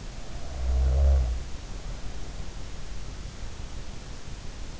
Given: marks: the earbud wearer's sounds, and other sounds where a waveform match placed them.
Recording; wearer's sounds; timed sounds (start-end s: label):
sounds in sleep by an in-ear microphone; snoring breath
0.44-2.19 s: snoring breath